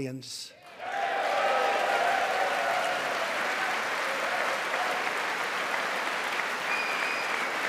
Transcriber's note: applause